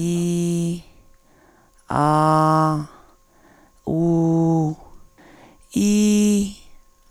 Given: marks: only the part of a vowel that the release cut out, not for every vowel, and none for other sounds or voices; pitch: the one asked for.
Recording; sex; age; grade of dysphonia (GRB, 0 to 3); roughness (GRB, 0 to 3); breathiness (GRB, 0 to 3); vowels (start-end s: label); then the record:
sustained vowels; female; 50 to 59 years; 2; 2; 2
0.00-0.68 s: vowel /i/, normal pitch
2.03-2.65 s: vowel /a/, normal pitch
3.98-4.61 s: vowel /u/, normal pitch
5.83-6.39 s: vowel /i/, high pitch
From the record:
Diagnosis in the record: Reinke's edema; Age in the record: 52 years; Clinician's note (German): Zustand nach Ödemabtragung, rezidiv beidseitig